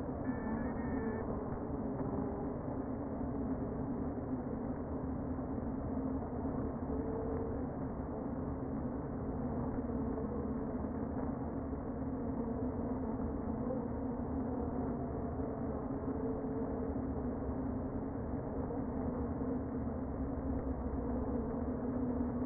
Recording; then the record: honeybee colony, microphone inside the hive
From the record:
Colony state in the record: queen present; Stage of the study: before two queens were removed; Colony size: about 60,000 bees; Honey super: yes